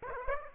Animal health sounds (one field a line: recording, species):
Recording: mosquito wingbeat signal from an infrared sensor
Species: Aedes aegypti